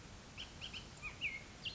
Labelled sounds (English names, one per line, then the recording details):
Bullock's Oriole
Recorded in Sonoma County, California